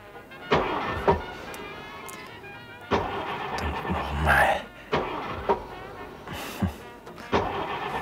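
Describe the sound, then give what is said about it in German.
A stalled Studebaker car engine cranks and sputters in a series of short, uneven bursts over a steady low rumble. It repeatedly fails to catch and start after stalling on a small incline. “Was ist denn mit dem Wagen los?”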